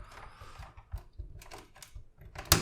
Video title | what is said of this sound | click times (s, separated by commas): Nemesis Transforms Mastermind Creations PS-17 Probus | right there it's a very hard click you'll know same on the side | 2.5 s